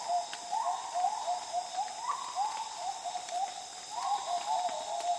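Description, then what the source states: Gibbon calling with bubbling, rising hoots in quick succession, a few louder swells, against a continuous insect drone. Calm dawn chorus in the jungles of the Borneo rainforest, with insects.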